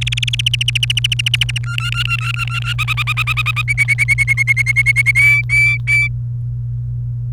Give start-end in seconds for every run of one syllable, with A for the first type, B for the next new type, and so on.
0.01-0.63 A, 0.68-1.58 B, 1.64-2.73 C, 2.79-3.62 D, 3.68-5.11 E, 5.15-6.08 F